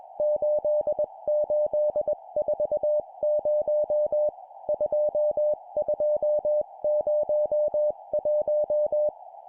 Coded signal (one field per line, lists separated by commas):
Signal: Morse code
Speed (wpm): 20 wpm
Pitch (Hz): 600 Hz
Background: music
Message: 8840 2201